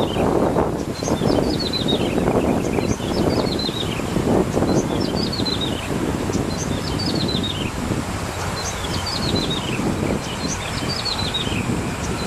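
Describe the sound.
Bar-winged prinia singing falling trilled phrases again and again, accompanied by gusty wind noise and a low rumble.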